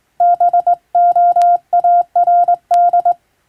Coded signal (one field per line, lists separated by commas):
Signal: Morse code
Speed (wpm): 21 wpm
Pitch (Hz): 700 Hz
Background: none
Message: BOARD